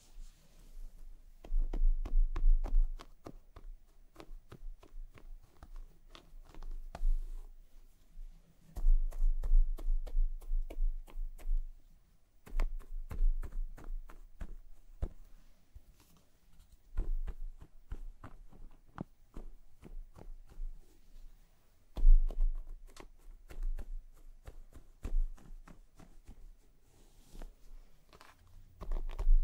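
Fingers massage a scalp and a brush works through hair in repeated bursts of dense, crackly scratching and quick ticks, separated by brief quiet pauses. Soft low thumps come with the heavier strokes, and the rhythm stays loose and irregular throughout.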